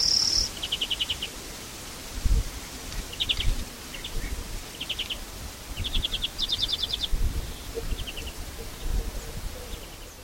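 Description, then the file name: European greenfinch giving short rapid trills in separate bursts, high and fairly faint, with low rumbling wind or rustling noise underneath. "Chloris chloris"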